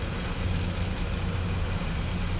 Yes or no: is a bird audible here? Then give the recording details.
no. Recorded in pastures near Puerto Asís, Putumayo, Colombia, on 16 December 2024 at 08:30. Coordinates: 0.505, -76.324. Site G063